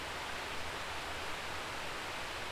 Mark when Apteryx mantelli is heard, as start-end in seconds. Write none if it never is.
none